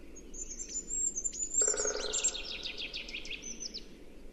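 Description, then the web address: Bird, thin high chirps over steady hiss, joined by a harsh rasping buzz and a dense buzzy twitter before a final short whistle. "Bird Only"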